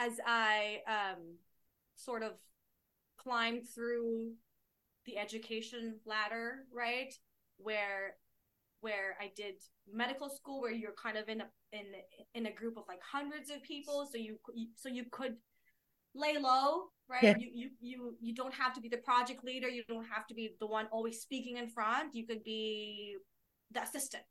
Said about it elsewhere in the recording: I'm 37 years old and I've been stuttering since a child.